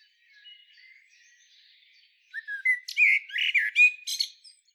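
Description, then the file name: Eurasian blackbird song: faint warbling at first, then a loud fluty phrase ending in high, scratchy squeaks. "Turdus merula"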